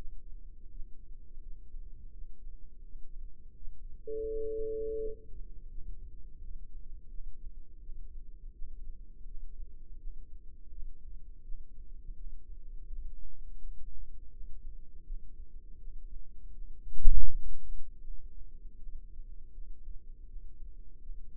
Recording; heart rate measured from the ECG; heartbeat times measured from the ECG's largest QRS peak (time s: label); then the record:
heart sounds by microphone in the left ear; 83 bpm
0.68 s: heartbeat
1.40 s: heartbeat
2.11 s: heartbeat
2.82 s: heartbeat
3.54 s: heartbeat
4.25 s: heartbeat
4.97 s: heartbeat
5.68 s: heartbeat
6.38 s: heartbeat
7.08 s: heartbeat
7.79 s: heartbeat
8.51 s: heartbeat
9.24 s: heartbeat
9.97 s: heartbeat
10.70 s: heartbeat
11.42 s: heartbeat
12.14 s: heartbeat
12.86 s: heartbeat
13.59 s: heartbeat
14.31 s: heartbeat
15.04 s: heartbeat
15.77 s: heartbeat
16.51 s: heartbeat
17.27 s: heartbeat
18.02 s: heartbeat
18.77 s: heartbeat
19.52 s: heartbeat
20.26 s: heartbeat
20.99 s: heartbeat
From the record:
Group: healthy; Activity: rest 0-6 s, breath hold 6-21 s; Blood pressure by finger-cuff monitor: 125/76 mmHg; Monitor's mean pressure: 99 mmHg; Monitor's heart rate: 83 bpm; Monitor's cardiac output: 6.4 L/min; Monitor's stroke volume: 77 mL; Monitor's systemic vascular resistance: 1150 dyn s/cm5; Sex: female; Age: 51 years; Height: 162 cm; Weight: 70.04 kg